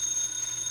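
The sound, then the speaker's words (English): A telephone rings at 4 o'clock in the morning in a house in Beverly Hills, with a steady, high-pitched electronic trill that holds unbroken through the brief moment, fairly soft and with no voices. “The phone. That's a phone.”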